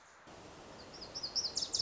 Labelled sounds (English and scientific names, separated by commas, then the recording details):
Wilson's Warbler (Cardellina pusilla)
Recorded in Sonoma County, California